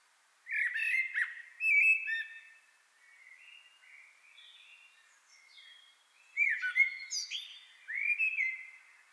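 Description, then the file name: Common blackbird song: loud, fluty whistled phrases with rising and falling slurs, quieter warbling in the middle, then a burst of louder twittering notes near the end. "Turdus merula"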